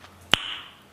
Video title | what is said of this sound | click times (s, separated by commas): Honda s2000 OEM Shift Knob - 54102-S2A-C00 | and hear that click | 0.3 s